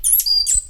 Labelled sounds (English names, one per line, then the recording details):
Stitchbird song
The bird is a male
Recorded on Tiritiri Matangi Island, New Zealand, in 2005
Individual 11, of nest box 13